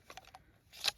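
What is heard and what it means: Someone presses the retention lever on the plastic lever-lock sheath of a Grand Way 1168 stainless-steel fixed-blade knife, a Glock 78 look-alike, and draws the knife out. A few soft, light ticks are heard between 0.1 and 0.4 s, then a louder, bright click at 0.9 s. The sheath lock releases and the knife is drawn.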